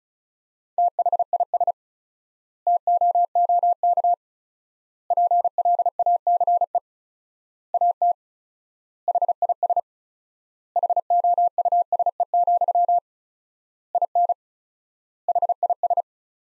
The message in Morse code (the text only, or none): THIS TOOK PLACE AT HIS HOUSE, IN HIS